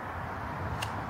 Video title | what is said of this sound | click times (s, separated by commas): A Day Hike through Steckel Park | So if I open it, locks | 0.8 s